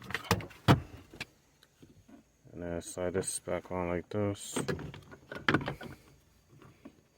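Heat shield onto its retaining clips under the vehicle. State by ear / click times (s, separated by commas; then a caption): seated / 5.5 s. A heat shield on a Toyota/Scion, removed during an oxygen sensor replacement, is slid back onto its retaining clips under the vehicle, with some sharp knocks and rattles near the start while someone talks. It snaps into its clips with a sharp click at 5.5 s, followed by a brief rattle, and the shield is secure again.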